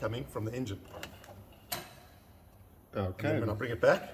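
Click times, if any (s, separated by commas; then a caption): 1.7 s. Someone talks while pushing the carburettor hot-air control lever forward in the cockpit of a vintage Tiger Moth biplane. A single sharp click comes from the carburettor air inlet flap in the engine at 1.7 seconds as the lever clicks into position. Then someone talks again.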